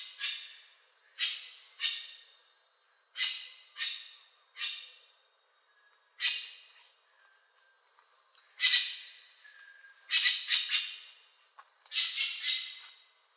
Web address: Grey winged trumpeter. صدای-پرنده-شیپورزن-بال-خاکستری